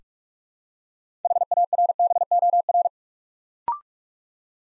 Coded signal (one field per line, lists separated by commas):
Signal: Morse code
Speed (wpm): 44 wpm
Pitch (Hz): 700 Hz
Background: none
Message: HARBOR